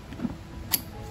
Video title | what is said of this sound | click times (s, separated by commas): Bosch Aquatak 125 Pressure Washer - Unboxing & Review | you'll hear a distinctive click which means it is secured | 0.7 s